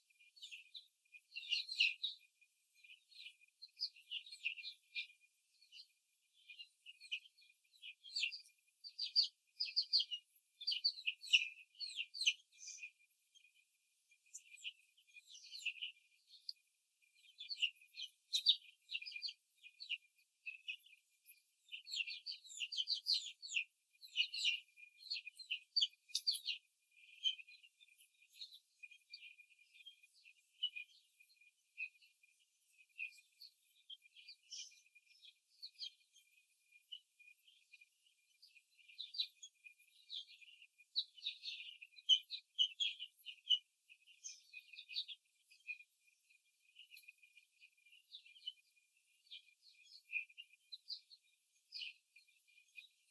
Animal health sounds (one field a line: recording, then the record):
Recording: young laying hens in a cage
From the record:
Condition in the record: before the stressor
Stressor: simulated dog barking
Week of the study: 3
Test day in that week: 2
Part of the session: 3